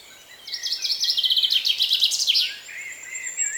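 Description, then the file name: Common chaffinch song, a rapid high trill that descends in steps to a final flourish, lasting about two seconds, followed by thin high whistles. "Fringilla coelebs"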